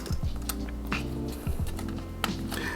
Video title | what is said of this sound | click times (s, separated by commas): Durable Fold 4 and Flip 4 Cases from VRS Design | and it locks into place there so you can set it up if you watch something on the front like that but | 2.2 s